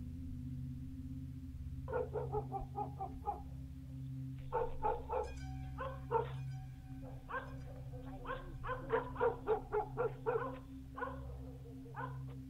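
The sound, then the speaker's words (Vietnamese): A black dog in its kennel at midnight barks repeatedly toward a neighbour's garden in quick clusters, pausing briefly before a longer run of rapid, sharp barks, all over a steady low background hum. “Nó đứng dậy ở trong cỗi cứ lồng lên lục xà lục sục, rồi hướng sang bên mảnh vườn nhà bà cụ Thật mà nó cắn nhấm nha nhấm nhặng”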